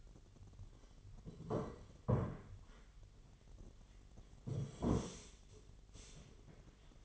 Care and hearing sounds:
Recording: daily activity, microphone in the room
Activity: sit down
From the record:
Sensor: 4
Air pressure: 1008.6 hPa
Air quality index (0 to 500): 170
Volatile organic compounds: 4 ppm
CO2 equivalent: 1703 ppm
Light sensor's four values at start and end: 23/72/27/26 and 23/72/27/26

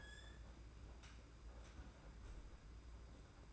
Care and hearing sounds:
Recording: daily activity, microphone in the room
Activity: close fridge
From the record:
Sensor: 2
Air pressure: 991.7 hPa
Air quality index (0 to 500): 221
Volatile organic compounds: 1000 ppm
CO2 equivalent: 7388 ppm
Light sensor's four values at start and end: 25/80/31/29 and 25/80/31/29

